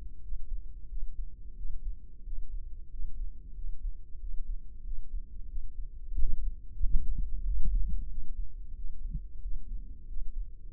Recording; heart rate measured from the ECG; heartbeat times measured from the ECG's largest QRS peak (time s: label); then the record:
heart sounds by microphone in the left ear; 91 bpm
0.24 s: heartbeat
0.90 s: heartbeat
1.58 s: heartbeat
2.26 s: heartbeat
2.92 s: heartbeat
3.57 s: heartbeat
4.21 s: heartbeat
4.86 s: heartbeat
5.51 s: heartbeat
6.16 s: heartbeat
6.80 s: heartbeat
7.45 s: heartbeat
8.11 s: heartbeat
8.77 s: heartbeat
9.44 s: heartbeat
10.09 s: heartbeat
From the record:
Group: healthy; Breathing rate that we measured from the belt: 18 breaths a minute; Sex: male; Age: 21 years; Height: 175 cm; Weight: 72.6 kg